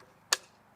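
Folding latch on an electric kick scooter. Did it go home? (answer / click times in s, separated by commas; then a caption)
yes / 0.3 s. The folding latch on an electric kick scooter snaps into place as the stem or handlebar mechanism is folded back and locks. A single sharp tick is heard at 0.3 s, and the latch seats easily.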